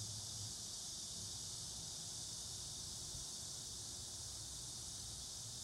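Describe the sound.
Insistent cicada buzzing, a dense, even high-pitched hiss sustained without pause over faint low background rumble.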